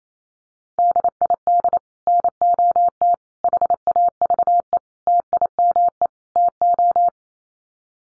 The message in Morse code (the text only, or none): DID NOT HAVE TIME TO